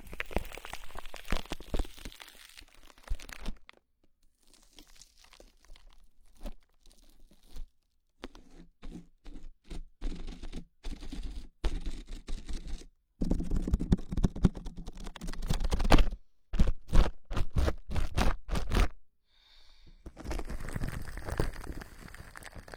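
Foam cling wrap rubbed over the ears, with bursts of dense crinkling and crunching separated by short silences, louder from about 13 to 19 seconds.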